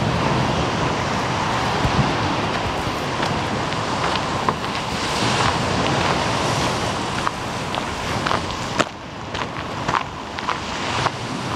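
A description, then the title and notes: Waves wash steadily along the Omø coastline, a dense, even rush filling the low and middle range with little change. Short clicks and snaps, possibly birds, scatter through the second half, with a brief dip near nine seconds. Waves and bird life: Ambience from a walk along Omø coastline.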